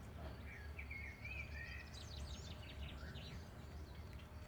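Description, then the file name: Common blackbird song, a mellow whistled phrase sliding into thin, high twittering notes, over a steady low rumble of background noise. "Turdus merula"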